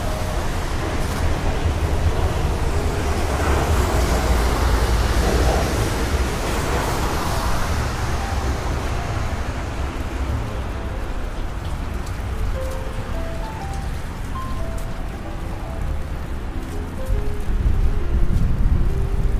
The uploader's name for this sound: Raining Day In New York